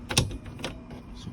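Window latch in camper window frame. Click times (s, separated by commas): 0.2 s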